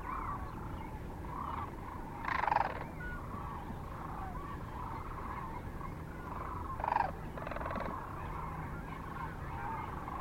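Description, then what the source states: Sandhill cranes: two loud rolling calls, several seconds apart, stand out over a softer, steady chorus of calling birds. Kearney, Nebraska, 9 March 2004; recorded with other species also present.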